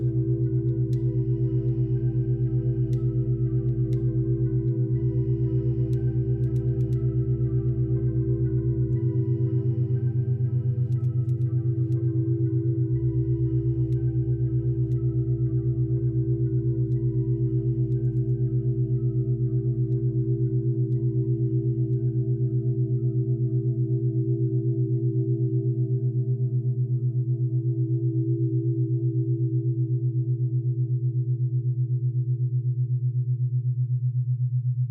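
Binaural beats: a steady, smooth low hum holds for the whole stretch with a soft wavering pulse, layered over deep bass tones that shift in blocks every four seconds or so. Faint, bowl-like ringing tones shimmer above, sparse and quiet.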